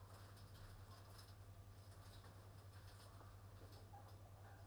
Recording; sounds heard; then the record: poultry house recording; healthy chickens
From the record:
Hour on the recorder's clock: 21